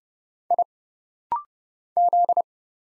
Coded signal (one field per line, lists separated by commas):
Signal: Morse code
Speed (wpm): 29 wpm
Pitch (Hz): 700 Hz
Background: none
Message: I Z